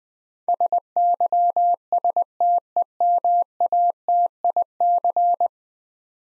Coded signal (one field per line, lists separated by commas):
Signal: Morse code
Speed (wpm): 21 wpm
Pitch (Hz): 700 Hz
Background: none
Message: SYSTEMATIC